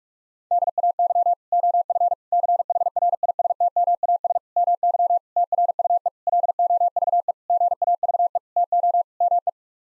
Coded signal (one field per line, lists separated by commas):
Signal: Morse code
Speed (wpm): 46 wpm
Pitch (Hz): 700 Hz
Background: none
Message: DAY OF CHRISTMAS MY TRUE LOVE GAVE TO ME